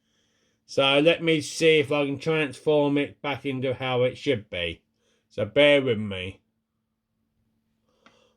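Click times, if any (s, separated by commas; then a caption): 8.1 s. Someone talks while transforming a plastic M.A.S.K. Switchblade (Miles Mayhem) toy vehicle back into its proper form. After the talking stops, a moving plastic part is pushed and gives a single faint, short click at 8.1 s as it seats into position.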